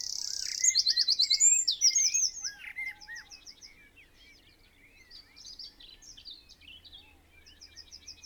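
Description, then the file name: Eurasian wren song opens loud with a fast rattling trill and quick high notes, then tails off into faint twittering. "Troglodytes troglodytes"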